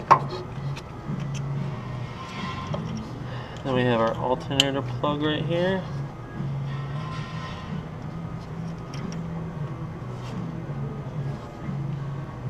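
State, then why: Not seated. Someone talks while handling the plug of a Wiring Specialties 2JZ standalone wiring harness at the alternator connector in an E36, with a low steady hum and a few brief sharp handling sounds. The plug has not seated or clicked into the alternator connector yet.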